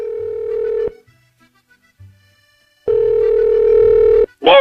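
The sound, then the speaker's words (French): A telephone ringback tone from a call to a mobile phone sounds twice, a steady buzzing tone lasting about a second, then after a pause a longer burst, followed by a brief rising chirp at the end. “On l'appelle hein, sur le portable de Jean-Michel.”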